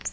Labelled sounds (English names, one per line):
Nashville Warbler flight call